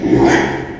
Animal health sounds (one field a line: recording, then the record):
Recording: squeal of a Yucatan mini pig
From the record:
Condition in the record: after surgery on the right vocal fold (resection and tissue-engineered implant)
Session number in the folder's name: 4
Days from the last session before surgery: 42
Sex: male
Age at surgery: 12 weeks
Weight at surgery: 13 kg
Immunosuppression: cyclosporine, prednisolone